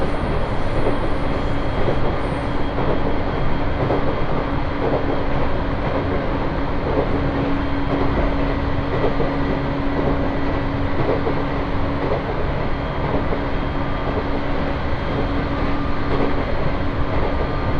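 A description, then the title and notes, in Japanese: A steady, dense roar fills the inside of a moving train on the line heading north toward Morioka. Faint rhythmic clicks from the wheels over the track repeat throughout, and a low humming tone runs underneath. The loudness stays even for the whole stretch. 東北本線下り 北上→盛岡。701系4両編成。北上から盛岡の間は盛岡に向かう人などで徐々に混雑してきます。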